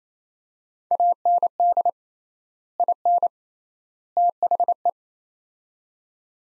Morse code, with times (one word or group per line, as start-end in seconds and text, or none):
0.9-1.9 AND
2.8-3.3 IN
4.2-4.9 THE